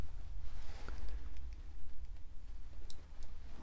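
A microSD card is pushed all the way into the SD card slot of a hardware wallet until the spring latch clicks. Several small ticks and taps sound as the card is fitted, then a sharp, bright click at 2.9 s marks it seating, followed by one more tick. The card is seated in the slot.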